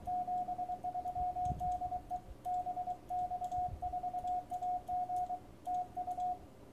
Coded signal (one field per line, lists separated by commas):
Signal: Morse code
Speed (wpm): 23 wpm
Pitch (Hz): 720 Hz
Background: radio noise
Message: 73 DE BX4AG TU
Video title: 2015/06/24 6M open to EU S59A UX0FF LZ2WO YO3BL UT7QF LZ2DF de BX4AG